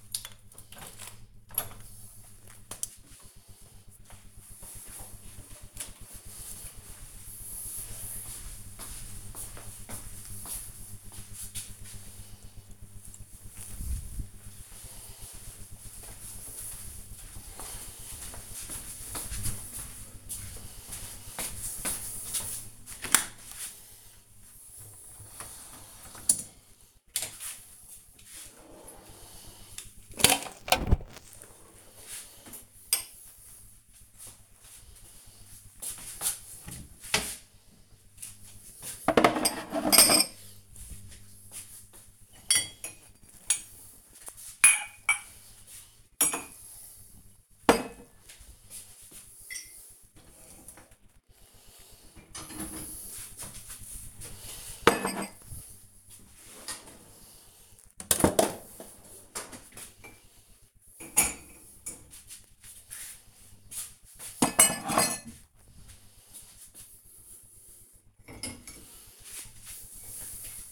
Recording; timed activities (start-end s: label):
household activities, microphone on the right wrist
0.00-2.34 s: window cleaning
22.45-70.72 s: cleaning out the dishwasher